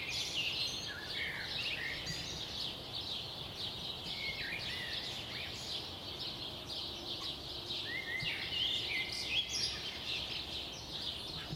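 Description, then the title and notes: Many birds sing together: a continuous wash of rapid high twitters and chirps, with a few brief whistled notes standing out above a low constant hiss. Recorded at 4am. "Birds at 4am by Daniel Sky"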